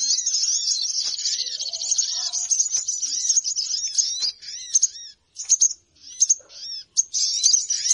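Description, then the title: Birds in a noisy high chattering chorus that breaks into short separate bursts of twitters near the end. Lure sound of noisy chattering birds used to attract birds, which reportedly gathered close soon after it began. "Baru Diputar Dah Banyak Merapat! Suara Pikat Burung Ribut"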